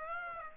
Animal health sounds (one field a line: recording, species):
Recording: mosquito wingbeat signal from an infrared sensor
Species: Aedes aegypti